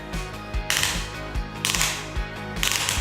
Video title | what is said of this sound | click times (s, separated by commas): Yakima BaseLine Towers Installation | on the other side until it clicks at least three times | 0.7 s, 1.6 s, 2.6 s